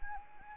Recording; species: mosquito wingbeat signal from an infrared sensor; Anopheles arabiensis